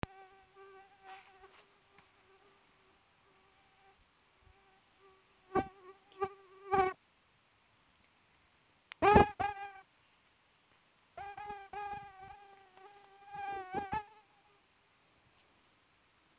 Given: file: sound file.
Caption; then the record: Acoustic recording from wild female Aedes sierrensis mosquito at Big Basin Redwoods State Park, CA, USA. Recording was done by a volunteer using a 2015-model HTC-One M8 phone.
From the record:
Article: Using mobile phones as acoustic sensors for high-throughput mosquito surveillance